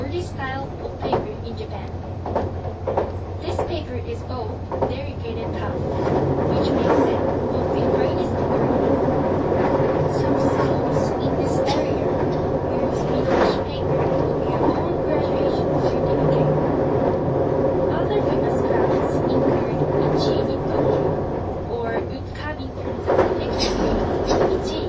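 Inside a green train car, the engine and motor hum together in a steady low drone. The sound grows fuller and louder after about five seconds and holds there, with faint clicks and brief voices scattered through the clip.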